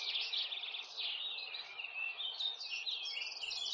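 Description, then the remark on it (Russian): A kinglet sings in a summer forest in a steady stream of high, bright twittering and trilling phrases, continuous and fairly soft, with no voices present. “Услыхал медведь прекрасное пение какой-то птицы и говорит: «Братец волк, что это за птица, которая так прекрасно поет?»”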